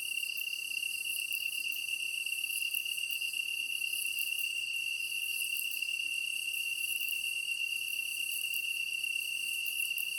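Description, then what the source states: Japanese tree cricket trilling without pause on one high pitch. Recorded 23 August 2010 at 21:22.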